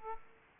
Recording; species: mosquito wingbeat signal from an infrared sensor; Aedes aegypti